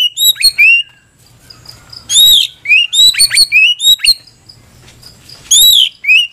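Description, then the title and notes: White-rumped shama singing rich, fluty whistles mixed with harsh chattering bursts, phrases delivered in clusters separated by short silent gaps. Masteran recording: tutor song for training caged birds. "Masteran Murai Batu"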